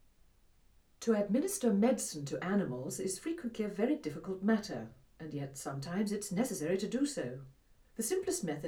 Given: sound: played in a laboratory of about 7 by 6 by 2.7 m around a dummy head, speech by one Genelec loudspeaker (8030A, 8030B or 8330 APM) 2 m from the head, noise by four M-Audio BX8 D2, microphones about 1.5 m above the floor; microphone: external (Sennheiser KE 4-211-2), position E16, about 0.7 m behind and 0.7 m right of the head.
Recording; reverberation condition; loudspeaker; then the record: female speech in English; low; 90 degrees to the left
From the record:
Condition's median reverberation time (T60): about 310 ms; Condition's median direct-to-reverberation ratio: about 3.5 dB